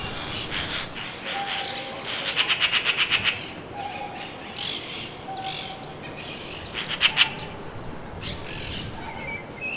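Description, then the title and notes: Eurasian magpie producing one long rattling chatter run followed later by a brief double note, over background hiss. In a pine tree in front of a balcony; said to be one of the smartest birds; climbs to the top of the highest branch to warn everyone it is there; pecks pine cones before doing so. "garsa. se da un paseo por la copa del pino que tengo delante de mi balcón. suba hasta lo alto de la rama más alta para avisar a todo el mundo que allí está. Es una urraca común"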